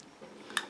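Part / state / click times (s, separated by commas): spring-loaded film insert into medium-format camera body / seated / 0.6 s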